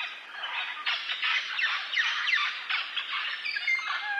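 Parrot flock giving harsh, rasping squawks in quick overlapping bursts, with a few clearer downslurred shrieks standing out from the steady chatter.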